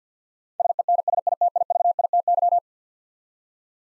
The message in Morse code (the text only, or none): SENSITIVITY